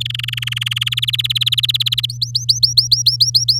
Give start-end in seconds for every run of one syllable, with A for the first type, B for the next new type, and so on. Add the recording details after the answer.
0.00-0.84 A, 0.86-2.06 B, 2.09-3.59 C. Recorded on 8 May 2018 at 07:37. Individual llb16